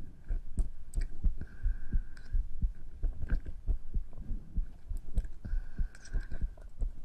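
A close-miked adult heartbeat with breathing, recorded as ASMR.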